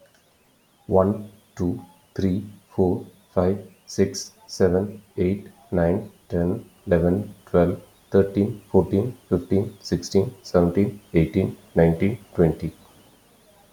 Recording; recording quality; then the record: counting at a normal pace; excellent, no background noise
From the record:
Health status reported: recovered from COVID-19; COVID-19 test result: negative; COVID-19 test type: RT-PCR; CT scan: taken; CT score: 5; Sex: male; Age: 49 years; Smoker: no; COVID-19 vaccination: both doses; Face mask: not worn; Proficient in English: yes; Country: India